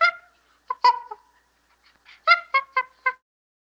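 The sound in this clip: Chimpanzee chatter: short, harsh, honking calls in two bursts, with the closing calls coming quickly one after another.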